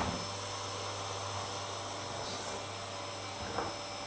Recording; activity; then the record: daily activity, microphone in the room; vacuum cleaning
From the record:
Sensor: 3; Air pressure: 1007.7 hPa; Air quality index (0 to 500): 49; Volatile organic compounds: 1 ppm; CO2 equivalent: 576 ppm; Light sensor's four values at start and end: 9/22/9/9 and 9/22/9/9